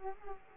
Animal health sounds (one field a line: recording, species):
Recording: mosquito wingbeat signal from an infrared sensor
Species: Culex quinquefasciatus